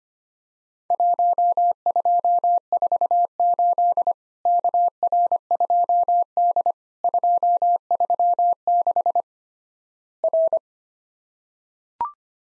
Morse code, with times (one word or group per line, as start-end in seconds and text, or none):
0.9-4.1 1248
4.5-6.7 KR2D
7.0-9.2 236
10.2-10.6 R